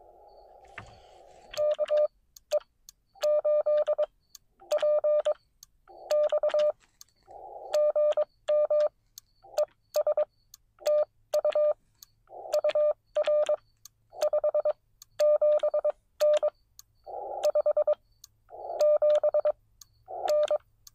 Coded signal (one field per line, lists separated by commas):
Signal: Morse code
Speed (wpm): 21 wpm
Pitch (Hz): 600 Hz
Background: none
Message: KE8PX GM ES TU UR 57N 57N